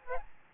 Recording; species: mosquito wingbeat signal from an infrared sensor; Aedes albopictus